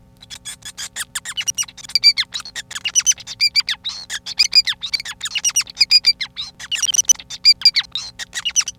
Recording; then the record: song of a male Bengalese finch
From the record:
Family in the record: son of father 5